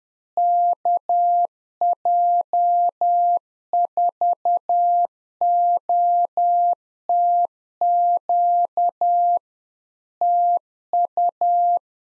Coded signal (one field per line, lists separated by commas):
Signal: Morse code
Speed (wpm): 10 wpm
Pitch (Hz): 700 Hz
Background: none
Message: KJ4OTQ TU